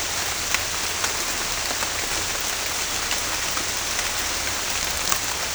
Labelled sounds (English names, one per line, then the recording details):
none
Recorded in secondary vegetation near Puerto Asís, Putumayo, Colombia, on 21 December 2024 at 11:00
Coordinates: 0.498, -76.327
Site GP07